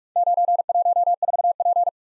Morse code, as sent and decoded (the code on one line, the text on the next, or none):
----. .---- ....- .--.
914P